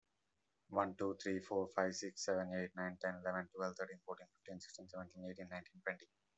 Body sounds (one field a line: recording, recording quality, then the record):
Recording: counting at a fast pace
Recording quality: excellent, no background noise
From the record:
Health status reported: respiratory illness, not identified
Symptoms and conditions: none ticked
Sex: male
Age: 29 years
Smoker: not ticked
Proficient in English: yes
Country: India